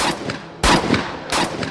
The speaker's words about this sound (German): Doch da krachen schon die Schüsse los. Der Matrose hörte die Schüsse.